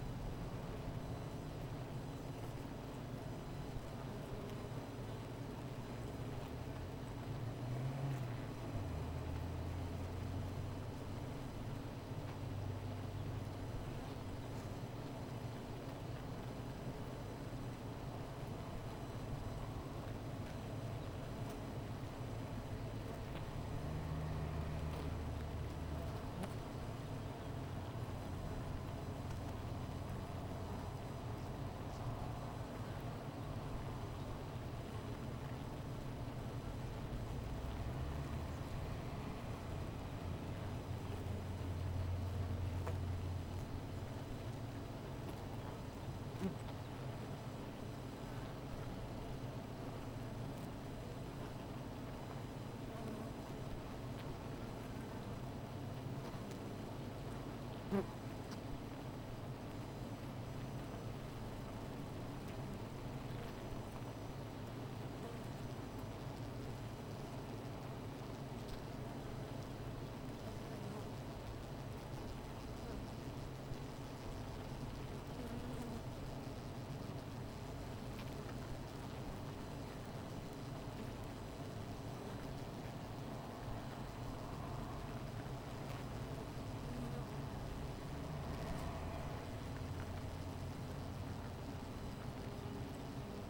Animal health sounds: honeybee colony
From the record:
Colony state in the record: missing queen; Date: 14 July 2017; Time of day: 16:25

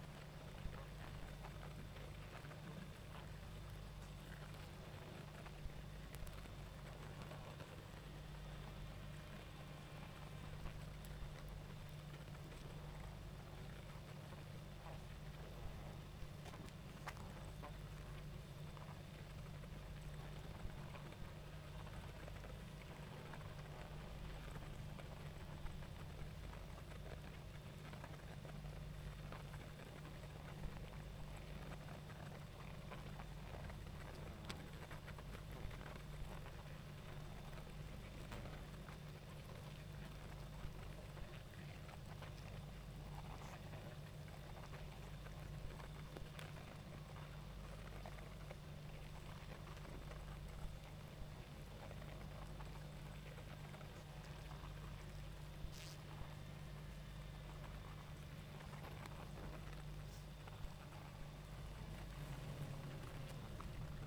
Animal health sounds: honeybee colony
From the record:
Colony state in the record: active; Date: 28 July 2017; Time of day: 19:42

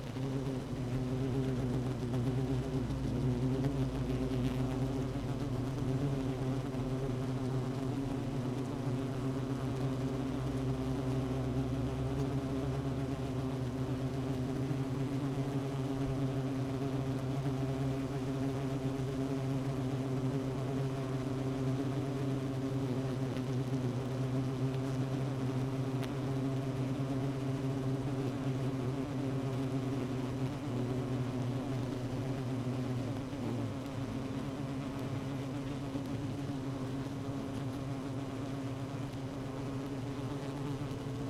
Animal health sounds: honeybee colony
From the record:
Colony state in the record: active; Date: 12 June 2018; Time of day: 16:39

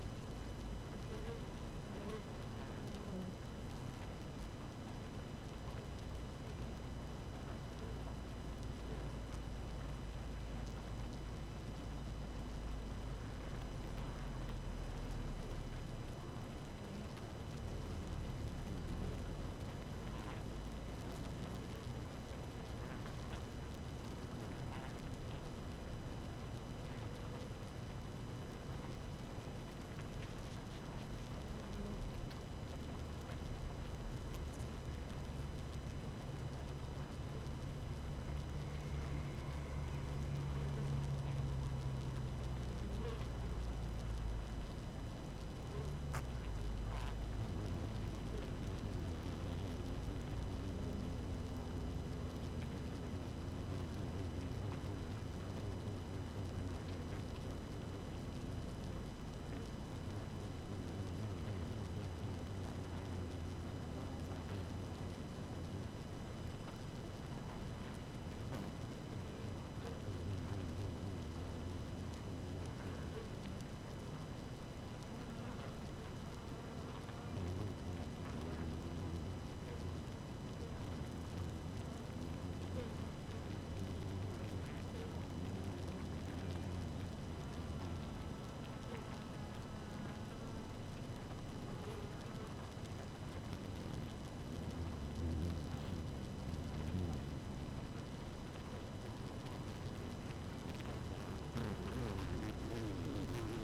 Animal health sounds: honeybee colony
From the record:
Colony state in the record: active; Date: 12 June 2018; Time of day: 5:00

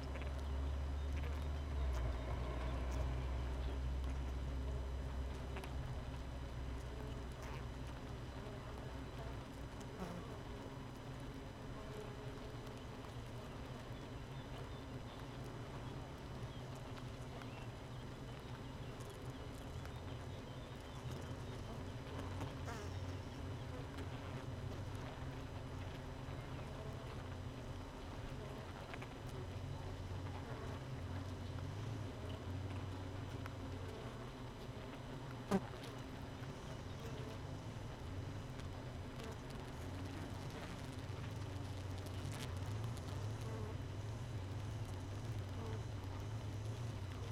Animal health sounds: honeybee colony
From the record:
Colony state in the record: missing queen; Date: 31 May 2018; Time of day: 5:10

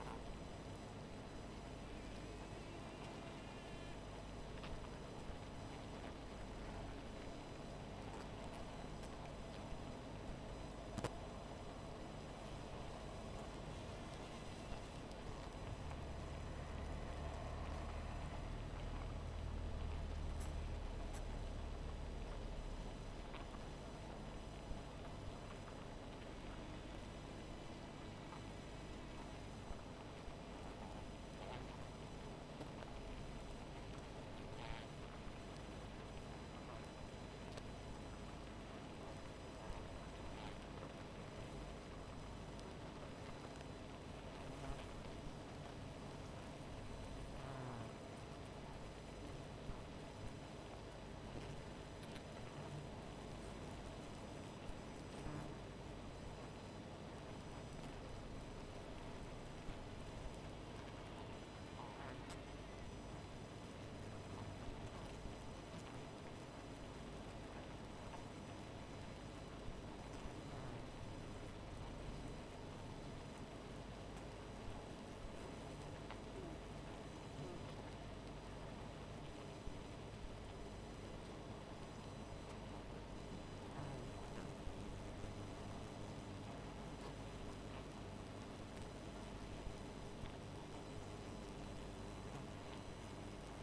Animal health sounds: honeybee colony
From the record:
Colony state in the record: missing queen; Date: 14 July 2017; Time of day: 1:42

